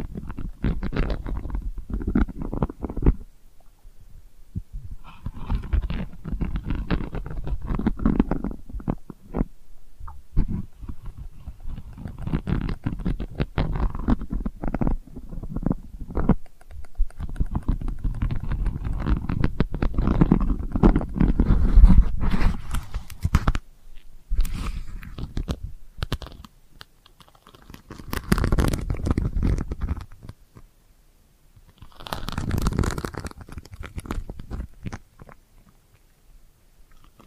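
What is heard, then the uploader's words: Delicate scratching comes in uneven bursts, soft rasping strokes with a low rumbling undertone, separated by brief pauses. Some passages are busier and more continuous, especially around the middle, while later bursts near 28 and 33 seconds swell slightly brighter and louder. ASMR Delicate Scratching for Sleep (No Talking).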